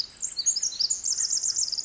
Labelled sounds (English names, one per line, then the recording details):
Pacific Wren
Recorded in Sonoma County, California